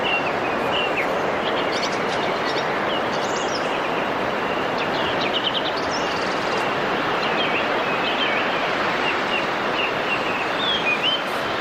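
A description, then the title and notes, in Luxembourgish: A dawn chorus heard outdoors: many small birds chirp and trill high above a steady, dense wash of noise that could be traffic. Brief calls and twitters come throughout, scattered and overlapping, with no single bird standing out. The Dawn Chorus. De Chouer vum fréie Mueren. Eng ganz Stonn Villerchers Gesank live presentéiert an iwwerdroen vum iresche Radio RTE.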